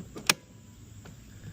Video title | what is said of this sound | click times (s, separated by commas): Lowes EGO 600 Series Battery Powered Mower Review - Can It Mow Hills & Tall Grass on ONE Battery? | Remove that first and the battery will then easily slide and lock into place. | 0.3 s